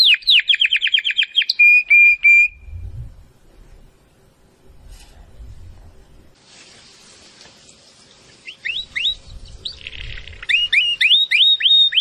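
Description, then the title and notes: Domestic canary opening with a quick trill and held whistle, then a long quiet stretch with low thumps, before returning with rapid rising slurred notes. Belgian canary singing; labelled 'Campainha'. "Canário Belga Campainha Canary Singing. Canario Belga Cantando"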